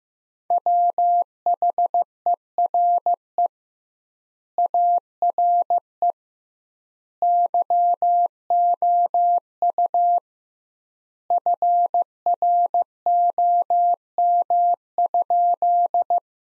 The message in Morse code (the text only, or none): WHERE ARE YOU FROM?